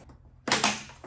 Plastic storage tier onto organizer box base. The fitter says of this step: Just snaps into place.